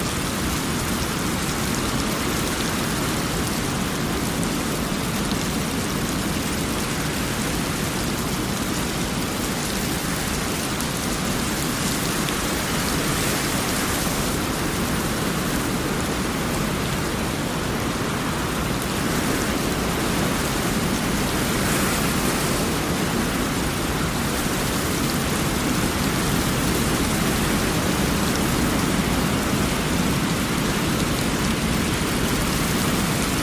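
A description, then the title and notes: Steady rain falls without a break, a dense hiss of countless drops spread evenly from low rumble to bright sizzle. The level holds constant for the whole stretch, with only slight swells in the upper crackle and no distinct events or other sounds. Raindrops Sounds For Sleeping Or Studying - White Noise.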